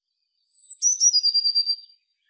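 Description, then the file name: Eurasian blue tit call: a thin, very high sustained note slides into a fast, slightly descending trill of several rapid pulses, lasting around a second. "Cyanistes caeruleus"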